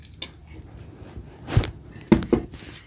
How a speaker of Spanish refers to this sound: Golpeó la puerta.